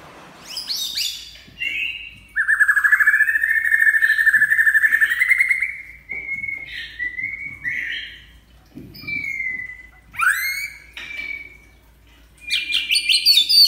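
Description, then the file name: White-rumped shama song: a long, steady whistled note held for several seconds, followed by short rising and falling phrases and bright high flourishes. Champion bird from a singing contest. "suara murai batu juara lomba"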